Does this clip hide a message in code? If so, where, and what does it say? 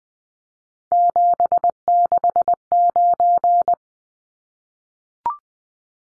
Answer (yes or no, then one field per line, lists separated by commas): yes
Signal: Morse code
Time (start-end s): 0.9-3.7 s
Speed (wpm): 20 wpm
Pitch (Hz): 700 Hz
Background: none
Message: 769